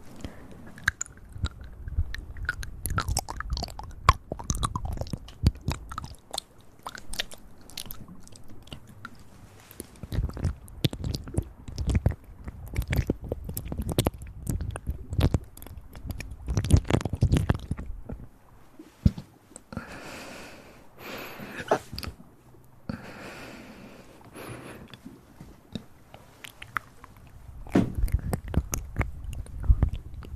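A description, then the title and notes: Crisp mouth sounds fill the first eighteen seconds: dense wet clicks and chewing-like crackles with a low thump underneath. Around twenty seconds they give way to soft, airy breaths close to the ear, before sharp clicks return near the end. Ear Breathy Triggers.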